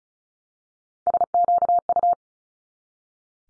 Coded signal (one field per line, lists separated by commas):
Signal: Morse code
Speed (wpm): 36 wpm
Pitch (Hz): 700 Hz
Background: none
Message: SQU